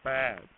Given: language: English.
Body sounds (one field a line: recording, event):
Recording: throat vibration sensor signal played as sound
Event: speech